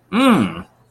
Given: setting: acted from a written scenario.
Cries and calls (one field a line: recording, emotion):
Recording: vocal sound without words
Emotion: interest